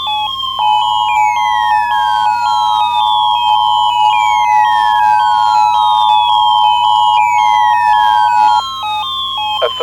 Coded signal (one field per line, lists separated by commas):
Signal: Emergency Alert System (SAME) tones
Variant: 853 and 960 Hz attention tone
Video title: (EAS Scenario) Blaiseing Entrapment